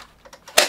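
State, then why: Seated. A front part is lined up with the grooves on both sides and pushed onto the body of a plastic Academy AWM toy airsoft sniper rifle. A few faint plastic ticks come first, then a sharp, loud click at 0.6 s. The part catches and the assembly is complete.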